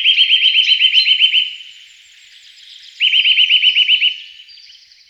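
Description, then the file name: Eurasian nuthatch song: two fast rattling trills of piping notes separated by a short pause. Recorded in 2004. "roche 2004 kleiber"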